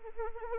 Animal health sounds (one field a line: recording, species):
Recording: mosquito wingbeat signal from an infrared sensor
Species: Anopheles arabiensis